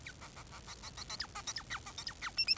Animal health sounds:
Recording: song of a male Bengalese finch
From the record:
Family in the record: son of father 4

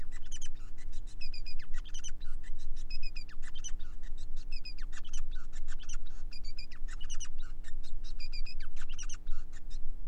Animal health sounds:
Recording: song of a male Bengalese finch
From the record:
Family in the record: son of father 5

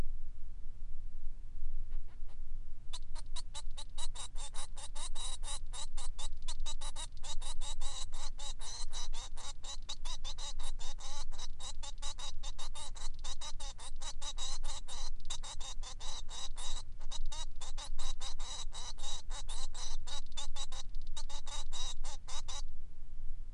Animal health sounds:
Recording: song of a male Bengalese finch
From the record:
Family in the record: son of father 3

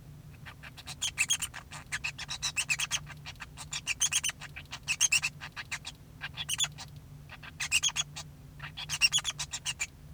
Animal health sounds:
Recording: song of a male Bengalese finch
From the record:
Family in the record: son of father 2

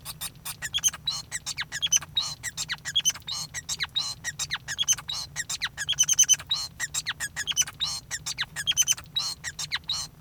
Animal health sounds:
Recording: song of a male Bengalese finch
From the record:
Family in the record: son of father 5

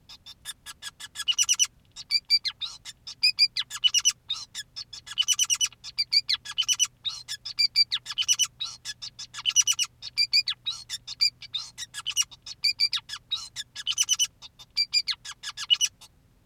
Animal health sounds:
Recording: song of a male Bengalese finch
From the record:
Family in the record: son of father 2, and himself father 5

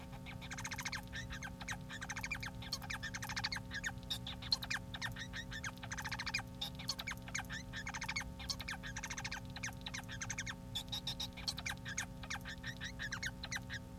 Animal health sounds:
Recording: song of a male Bengalese finch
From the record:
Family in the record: son of father 4

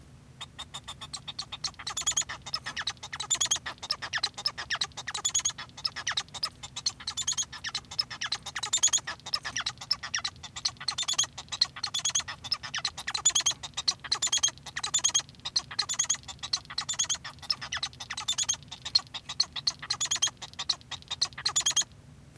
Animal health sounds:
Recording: song of a male Bengalese finch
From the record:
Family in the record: son of father 1

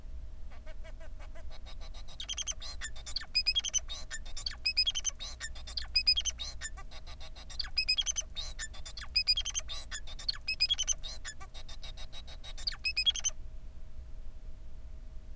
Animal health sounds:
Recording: song of a male Bengalese finch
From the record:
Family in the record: son of father 4

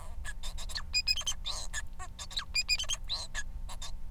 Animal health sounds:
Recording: song of a male Bengalese finch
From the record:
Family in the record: son of father 4

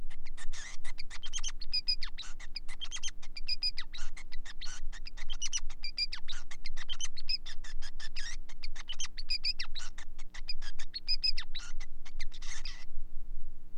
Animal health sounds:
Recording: song of a male Bengalese finch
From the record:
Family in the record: son of father 5

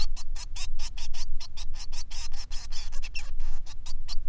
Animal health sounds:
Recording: song of a male Bengalese finch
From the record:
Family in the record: son of father 3

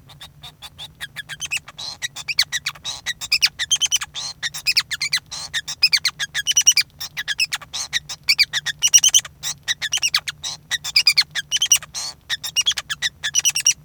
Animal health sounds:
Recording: song of a male Bengalese finch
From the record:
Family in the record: son of father 5

